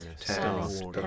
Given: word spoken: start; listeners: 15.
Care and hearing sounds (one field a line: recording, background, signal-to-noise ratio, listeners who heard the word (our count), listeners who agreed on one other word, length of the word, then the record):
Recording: one English word in noise, from a listening test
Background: four-talker babble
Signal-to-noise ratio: -1.8 dB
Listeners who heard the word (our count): 2 of 15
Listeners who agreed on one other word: 8 of 15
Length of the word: 0.67 s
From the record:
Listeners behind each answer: 8, 2, 1, 1, 1, 1, 1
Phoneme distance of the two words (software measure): 24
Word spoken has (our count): 1 syllable, 4 phonemes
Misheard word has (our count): 1 syllable, 4 phonemes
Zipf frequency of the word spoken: 5.77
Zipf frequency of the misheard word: 5.06